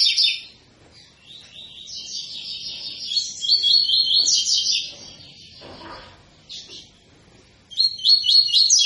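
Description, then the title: Double-collared seedeater song, sustained high rapid trills and buzzy chirped phrases, then a pause before a loud fast trill resumes. Tui-tui song style from a 'fibra' coleiro; a teacher song for training young birds. "COLEIRO TUI TUI FIBRA CANTO PROFESSOR"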